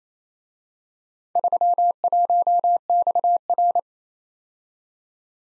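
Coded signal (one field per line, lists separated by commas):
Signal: Morse code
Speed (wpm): 31 wpm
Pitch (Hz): 700 Hz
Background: none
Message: 31XR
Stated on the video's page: Speed-racing Morse practice of four-character letter-number groups, starting fast and slowing to a 28 wpm base speed.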